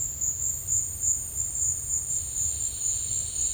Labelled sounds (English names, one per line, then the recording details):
none
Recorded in dense forest near Puerto Asís, Putumayo, Colombia, on 19 March 2025 at 14:00
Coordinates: 0.485, -76.318
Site G056